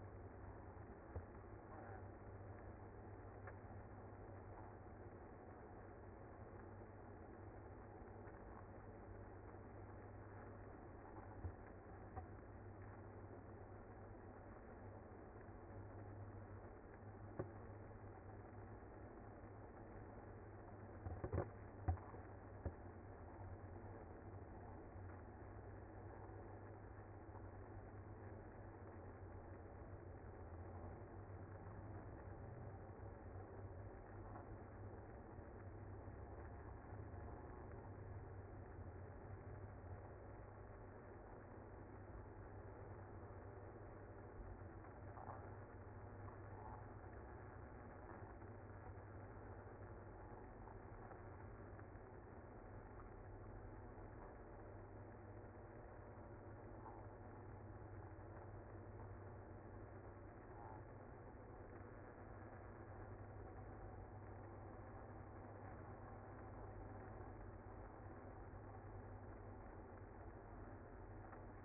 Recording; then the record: honeybee colony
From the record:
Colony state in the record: active